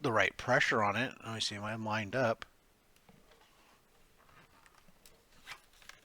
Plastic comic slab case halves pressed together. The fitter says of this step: well maybe not i don't hear it